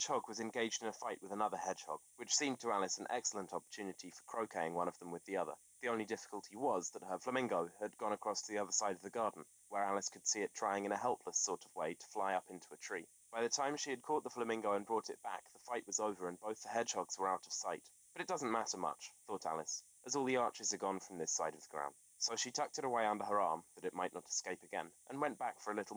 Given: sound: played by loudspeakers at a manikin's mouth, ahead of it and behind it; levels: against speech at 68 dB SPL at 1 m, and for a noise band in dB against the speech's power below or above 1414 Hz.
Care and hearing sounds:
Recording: test signals for a remote microphone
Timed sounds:
0.00-25.97 s: man speaking
From the record:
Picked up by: remote microphone D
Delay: 24 ms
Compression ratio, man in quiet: 1.31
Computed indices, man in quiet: SII 0.994, HASPI 0.998, HASQI 0.363 (non-linear 0.417, linear 0.872), ESTOI 0.824

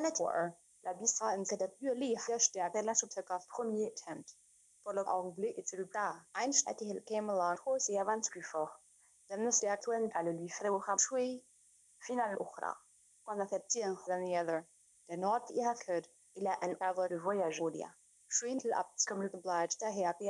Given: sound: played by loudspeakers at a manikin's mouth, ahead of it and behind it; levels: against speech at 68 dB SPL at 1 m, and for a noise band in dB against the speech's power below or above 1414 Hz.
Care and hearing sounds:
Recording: test signals for a remote microphone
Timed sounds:
0.00-20.30 s: speech test signal (ISTS)
From the record:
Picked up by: remote microphone C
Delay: 23 ms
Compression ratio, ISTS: 1.61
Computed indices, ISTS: SII 0.995, HASPI 0.979, HASQI 0.323 (non-linear 0.389, linear 0.829), ESTOI 0.816

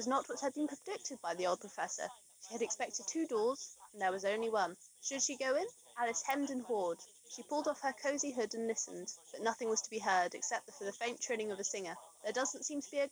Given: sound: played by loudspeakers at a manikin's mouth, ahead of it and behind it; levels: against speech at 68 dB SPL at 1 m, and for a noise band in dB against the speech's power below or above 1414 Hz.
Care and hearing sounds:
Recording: test signals for a remote microphone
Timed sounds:
0.00-13.12 s: woman speaking, babble ahead at +6 dB SNR for speech at 1 m
From the record:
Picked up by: remote microphone D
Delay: 24 ms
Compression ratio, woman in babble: 1.06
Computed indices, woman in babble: HASPI 0.873, HASQI 0.329 (non-linear 0.380, linear 0.865), ESTOI 0.825

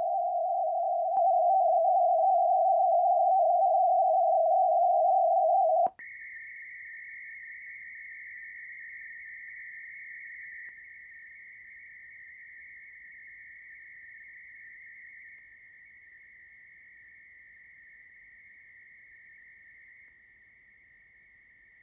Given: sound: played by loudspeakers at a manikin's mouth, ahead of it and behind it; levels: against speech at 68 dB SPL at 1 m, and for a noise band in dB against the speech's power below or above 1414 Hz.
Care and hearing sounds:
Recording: test signals for a remote microphone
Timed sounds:
0.00-1.17 s: noise band at 707 Hz, +5 dB
1.17-5.87 s: noise band at 707 Hz, +10 dB
5.99-10.69 s: noise band at 2000 Hz, +10 dB
10.69-15.39 s: noise band at 2000 Hz, +5 dB
15.39-20.08 s: noise band at 2000 Hz, 0 dB
20.08-21.83 s: noise band at 2000 Hz, -5 dB
From the record:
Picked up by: measurement microphone

